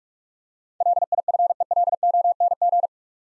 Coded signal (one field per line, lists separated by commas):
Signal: Morse code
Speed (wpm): 44 wpm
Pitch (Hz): 700 Hz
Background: none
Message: LIFELONG